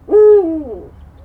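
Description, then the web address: Little owl with one hollow hoot that holds level and then bends downward, fading out within a second. Recorded at a zoo in Jászberény, Hungary, in 2016; the bird called four times. "jaszberenyizoo 2016 professzionalis kuvik"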